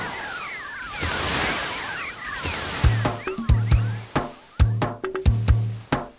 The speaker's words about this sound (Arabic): يتحدر ماء الشلال، ذرات الماء تتطاير في الهواء، وهناك يلتقي ماء النهر بماء البحر، وأنا أجلس على هذه الصخرة المرتفعة أتأمل جمال الماء في البحر والنهر والشلال.